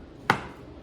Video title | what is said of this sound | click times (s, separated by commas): Trans Am GTA Parts Get Prepped for Primer and Setup In the Paint Booth. Harbor Freight Paint System | Push this down until you hear a solid snap. | 0.3 s